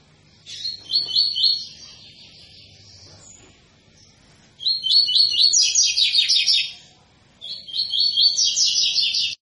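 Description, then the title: Double-collared seedeater giving three phrases of quick, high, slurred notes that run together into a rolling twitter, separated by pauses. Tui-tui song style, a 'fibra' bird; teacher song used for training young birds. "COLEIRO TUI TUI FIBRA"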